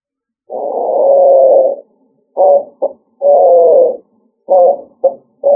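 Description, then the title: Pigeon calls: soft, low cooing phrases, long drawn coos alternating with shorter clipped notes in an uneven rhythm, with nothing else heard. "ColumbidaePomba"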